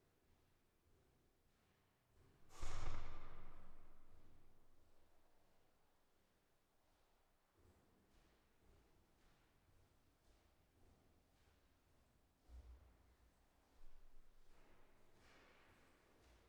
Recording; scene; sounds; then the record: everyday scene through a hearing-aid microphone; reverberant space; background noise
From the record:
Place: staircase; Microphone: behind the ear, left, front